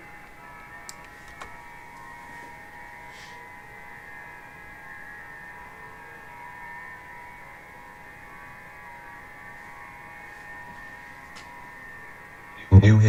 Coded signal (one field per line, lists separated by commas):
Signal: FT8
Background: speech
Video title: 40 METER FT-8 ON SUNDAY MORNING